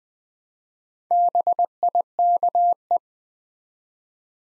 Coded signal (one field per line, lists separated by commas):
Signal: Morse code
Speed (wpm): 20 wpm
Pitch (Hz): 700 Hz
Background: none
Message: BIKE